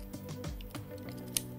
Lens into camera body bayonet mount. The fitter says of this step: make sure that you're lining up the white dot to the white dot turn it until you hear the click